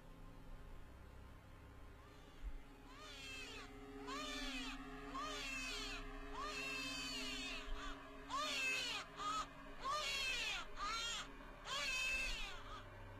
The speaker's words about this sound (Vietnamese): Cùng với ngọn lửa bập bùng, tựa như có tiếng đứa trẻ con khóc ré lên, mơ mơ hồ hồ vang lên từ trong chiếc hộp.